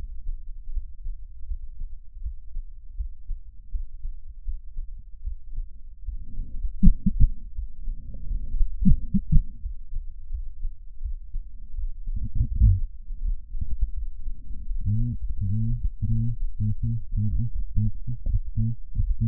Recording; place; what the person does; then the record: lung sounds by stethoscope; left anterior apical chest; quiet breathing, then cough and speech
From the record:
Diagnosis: none (healthy); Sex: male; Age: 29 years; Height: 180 cm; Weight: 100 kg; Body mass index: 30.9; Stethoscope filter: bell mode